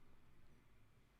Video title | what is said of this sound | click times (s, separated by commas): Deathwish Modz - UNHOLY V3 Build / Rundown in 49 min or less | nope we'll take it around the world one more time there you go now it finally snap and they're snapped into place it's clean man | none